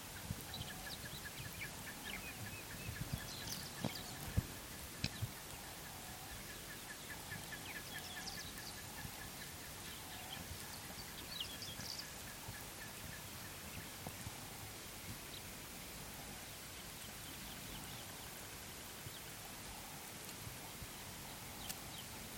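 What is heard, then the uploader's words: A waterhole scene with birds calling over a steady, rain-like hiss. A short mid-pitched call repeats every second or so throughout, while faster, higher chirping trills and scattered sharp ticks come and go, with a soft low rumble underneath. African Wildlife At Waterhole.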